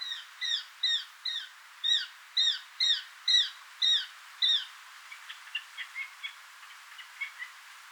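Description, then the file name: Eurasian jay calls: a quick series of clear, harmonic, downslurred notes, about two per second, then fainter scattered chirps in the last few seconds. "Garrulus glandarius"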